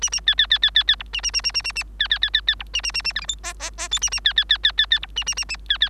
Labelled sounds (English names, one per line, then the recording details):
Bengalese Finch song
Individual Bird3